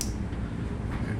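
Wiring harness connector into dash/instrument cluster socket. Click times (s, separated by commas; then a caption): 0.0 s. A wiring harness connector is pushed into its socket in the instrument cluster of a 1977 Pontiac Trans Am dash. A short sharp click is heard at 0.0 s, then low steady background noise. The connector is seated.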